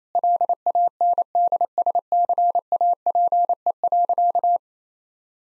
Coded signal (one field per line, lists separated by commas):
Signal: Morse code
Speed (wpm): 28 wpm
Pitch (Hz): 700 Hz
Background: none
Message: LANDSCAPE.